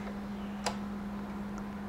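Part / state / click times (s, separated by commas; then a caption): spindle lock button pin into the blade arbor of a miter saw / seated / 0.7 s. With the saw head lifted, the black spindle-lock button on a DeWalt miter saw is pressed and the blade turned until the lock pin drops into the blade arbor, so the blade bolt can be loosened or tightened. A sharp click at 0.7 s marks the lock engaging, and a much fainter tick follows at 1.6 s over a steady low hum. The spindle lock is seated.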